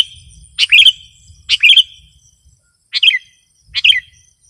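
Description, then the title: Sooty-headed bulbul song: four quick bubbly phrases in succession, each a short burst of slurred notes, over a faint low rumble and a high whine. "kutilang"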